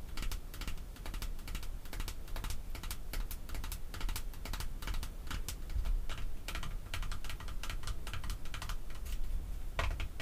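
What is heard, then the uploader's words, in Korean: Artificial nails tap quickly and continuously on perfume bottles and caps, a dense stream of sharp, bright clicks over a faint low rumble. 인조손톱 태핑. 향수, 뚜껑 등.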